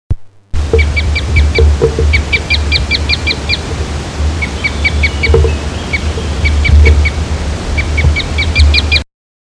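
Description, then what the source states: Parrot crossbill calls: clusters of short, sharp chipping notes in quick runs, repeated throughout over strong low rumbling noise. Call type E.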